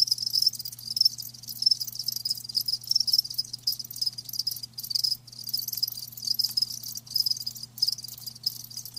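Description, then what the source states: Crickets chirp in a dense high trill with brief pauses, pulses fast and steady, accompanied by a faint low drone. Live crickets chirping, a lulling song.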